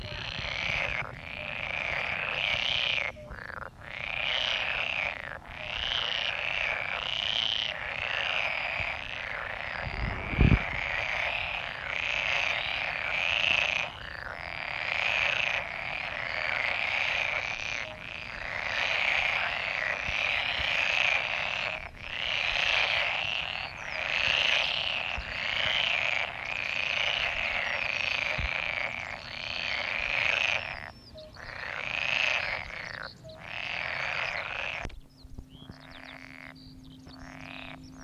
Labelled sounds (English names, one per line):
Pool Frog call